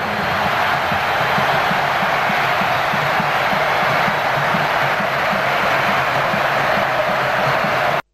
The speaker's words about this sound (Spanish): La pelota no se mancha. Qué frase. Acá estamos aplaudiendo realmente. Somos todos medio maradonianos.